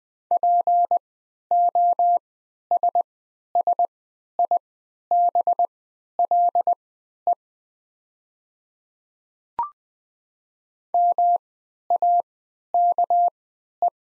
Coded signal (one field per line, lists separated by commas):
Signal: Morse code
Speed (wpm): 20 wpm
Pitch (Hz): 700 Hz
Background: none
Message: POSSIBLE MAKE